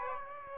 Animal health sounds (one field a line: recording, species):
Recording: mosquito wingbeat signal from an infrared sensor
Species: Aedes aegypti